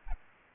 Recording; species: mosquito wingbeat signal from an infrared sensor; Aedes aegypti